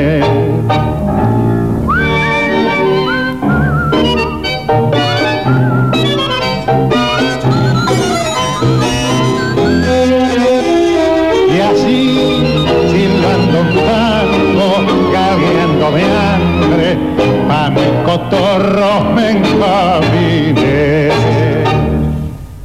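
A full tango orchestra plays a loud, dense instrumental passage with rich layered melodies over a steady rhythmic pulse, holding strong to the final moment before cutting off at the end.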